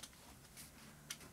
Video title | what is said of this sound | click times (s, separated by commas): AEG Electrolux Powerforce Vacuum Cleaner Unboxing & First Look | push it in until it clicks there | 1.1 s